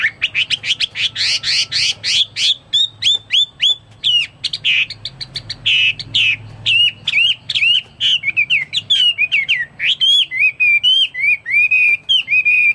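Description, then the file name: Chinese hwamei song opening with rapid clicking chips, then clear whistled notes, some buzzy, ending in a long series of rising-and-falling slurred whistles. "omkicau hwamei"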